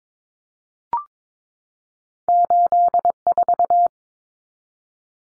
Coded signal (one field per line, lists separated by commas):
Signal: Morse code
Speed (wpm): 22 wpm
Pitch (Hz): 700 Hz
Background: none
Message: 84